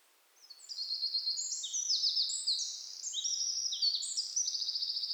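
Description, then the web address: Eurasian wren song: a bright, rapid cascade of high trills and tinkling notes, closing with a fast mechanical rattle, on a quiet background. "SETE Troglodytes troglodytes"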